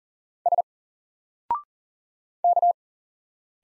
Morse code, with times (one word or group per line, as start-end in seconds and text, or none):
0.5-0.6 S
2.4-2.7 K